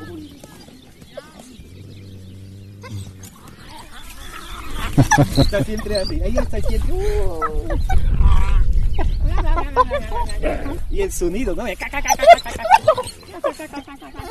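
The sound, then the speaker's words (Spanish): A pregnant she-wolf, being hugged by a man, growls and vocalizes in deep, rumbling bursts that swell and fade over several seconds, with a man speaking Spanish over the sounds. “Está preñada, abrazando una loba preñada. Los gestos salvajes de ese animal.”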